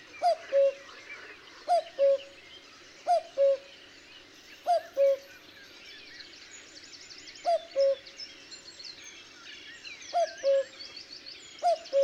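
Cuckoo repeating its loud, hollow two-note cu-coo several times, with a longer pause midway, a few quiet songbird twitters in the background.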